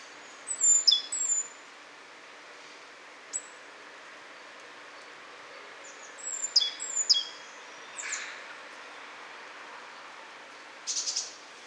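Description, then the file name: Great tit calls: short groups of very high, thin notes, each sliding steeply downward, often in pairs, separated by quiet gaps over a steady background hiss. "Parus major"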